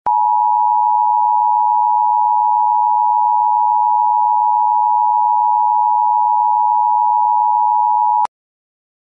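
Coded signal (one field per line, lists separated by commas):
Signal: Emergency Alert System (SAME) tones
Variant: 853 and 960 Hz attention tone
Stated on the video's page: Fictional alert scenario of an asteroid striking Fort Worth, Texas.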